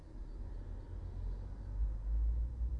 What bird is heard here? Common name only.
Great Tit